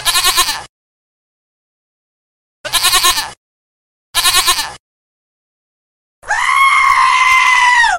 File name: goat